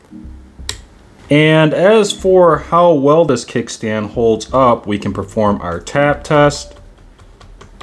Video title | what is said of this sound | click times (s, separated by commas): •Google Pixel Fold - Two of the Most Interesting Cases! | once unlocked it does slide along a track and then it locks into place with a click | 0.7 s